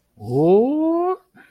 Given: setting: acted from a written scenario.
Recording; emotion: vocal sound without words; confusion